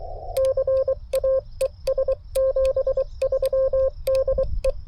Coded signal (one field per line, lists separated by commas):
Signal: Morse code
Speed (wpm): 23 wpm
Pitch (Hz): 530 Hz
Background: radio noise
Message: CA ES 73 DE